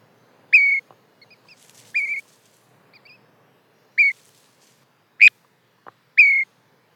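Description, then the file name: Eurasian dotterel giving five soft piping calls, short level whistles with bright overtones, repeated at irregular intervals of one to two seconds, with faint weaker notes between. "Fjallpipare"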